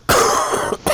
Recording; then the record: coughing mixed with background sound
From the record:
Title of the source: Coughing 79